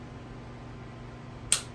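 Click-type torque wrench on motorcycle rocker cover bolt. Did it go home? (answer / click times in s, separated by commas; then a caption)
yes / 1.5 s. A click-type torque wrench is tightened on a rocker box bolt of a Harley-Davidson Street Glide motorcycle engine while a low steady hum runs underneath. At 1.5 seconds the wrench gives one sharp, bright click at its set value, confirming the bolt has reached 40 pounds of torque.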